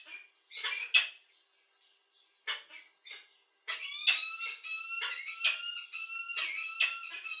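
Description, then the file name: Peregrine falcon starting with scattered harsh, scratchy notes, then breaking into a steady series of whining, harmonic calls repeated roughly every half second. "sokolwedrowny"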